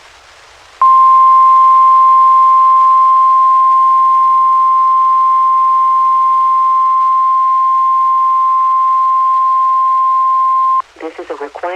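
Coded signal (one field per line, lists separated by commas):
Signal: Emergency Alert System (SAME) tones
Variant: 1050 Hz attention tone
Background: speech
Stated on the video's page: Several weekly tests.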